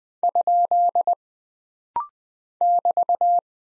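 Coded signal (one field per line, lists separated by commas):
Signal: Morse code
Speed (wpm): 20 wpm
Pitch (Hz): 700 Hz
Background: none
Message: ? <BT>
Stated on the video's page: Punctuation and prosign drill at 20 wpm, each character sent, spoken, then sent again, with rapid-fire timing for instant character recognition.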